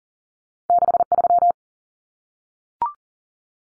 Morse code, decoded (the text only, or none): 63